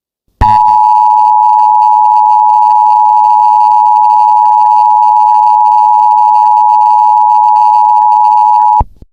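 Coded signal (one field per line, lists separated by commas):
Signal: Emergency Alert System (SAME) tones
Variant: 853 and 960 Hz attention tone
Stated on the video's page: Mock EAS alert; stated to be fake.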